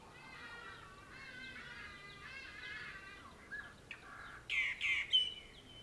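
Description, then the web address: Birdsong: a run of warbled, harmonic notes for about three seconds, then a pause and a few loud sharp chirping phrases near the end. Birds recorded in the morning, June 2009. "2009-06-morning-birds morningbirds"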